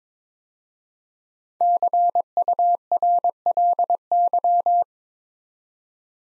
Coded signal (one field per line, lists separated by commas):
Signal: Morse code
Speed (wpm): 22 wpm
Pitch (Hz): 700 Hz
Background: none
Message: CURLY